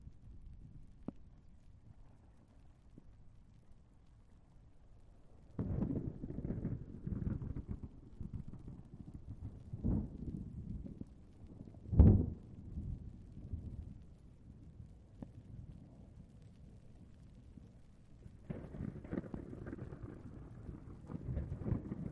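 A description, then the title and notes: Low thunder grumbles through a rainstorm, quiet for the first five seconds before deep rolling bursts swell in around 5.5 seconds. A sharper, louder crack lands near 12 seconds, and another heavy rumbling stretch builds from about 18.5 seconds to the end over a steady wash of rain. Heavy Rain and Thunder. Light to Heavy rainstorm with grumbling thunder. All Raw and mixed audio recorded on: Focusrite Scarlett CM25, Focusrite Scarlett 2i2 Audio interface.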